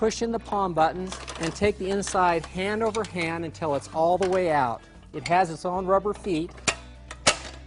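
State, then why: Seated. Someone talks while the inner section of a Little Giant Classic telescoping aluminium multi-position ladder, with its lock tabs released and palm buttons pushed in, is pulled out hand over hand until it is fully extended. At 7.3 s, a sharp metallic hit is heard as the inner section's lock engages into the ladder side rail, locking it in place.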